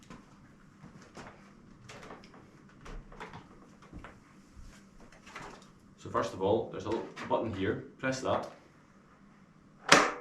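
A folding frame latch on a Stewart Golf Q Follow golf trolley, made of plastic and metal, is unfolded by pressing the frame button while someone talks. Faint handling knocks come first, then at 9.9 s the latch snaps home with a sharp, loud click and seats into place.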